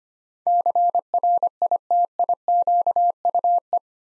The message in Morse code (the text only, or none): CRITIQUE